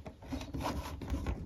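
A power lead connector, apparently on the negative lead, is handled against a Starlink Gen 3 router power adapter case during its 12V conversion for drill battery power, producing soft rubbing and scraping sounds over about 1.5 seconds. Nothing has seated or clicked yet; the connector is not home.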